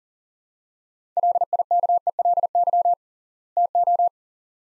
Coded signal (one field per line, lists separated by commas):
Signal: Morse code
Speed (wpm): 40 wpm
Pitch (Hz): 700 Hz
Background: none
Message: LIKELY TO